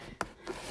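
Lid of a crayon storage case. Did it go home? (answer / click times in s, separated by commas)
released / 0.2 s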